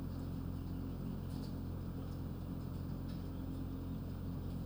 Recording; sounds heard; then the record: poultry house recording; healthy chickens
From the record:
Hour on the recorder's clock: 23